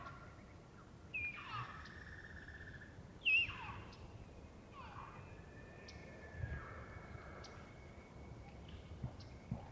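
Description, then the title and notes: Elk bugling in high, thin whistled tones that slide downward in several short bursts, with faint bird notes over a soft background hiss. Bull elk roaring closer and far during the rut, morning of September 18, Colockum Wildlife Area; males vocal just before hunting season. "Elk Bull Roars Closer And Far With Challenges, Galloping, And Clashing Antlers. morning of September 18, starting pre-dawn. It was rutting season in the Colockum Wildlife area"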